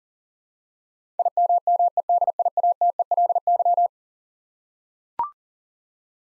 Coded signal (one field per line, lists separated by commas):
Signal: Morse code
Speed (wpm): 40 wpm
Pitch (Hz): 700 Hz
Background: none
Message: IMMEDIATELY